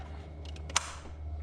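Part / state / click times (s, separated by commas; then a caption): oil filler cap on engine valve cover fill neck / torque reached / 0.6 s, 0.7 s, 0.8 s. After refilling the engine oil on a Ford Excursion, the plastic oil filler cap is twisted back onto the fill neck on the engine valve cover, over a steady low hum. Its ratchet clicks at 0.6 s, 0.7 s and 0.8 s, the last click the loudest, matching the three clicks the owner's manual calls for. The cap is ratcheted closed.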